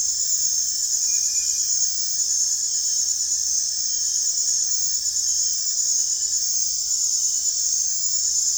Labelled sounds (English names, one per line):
none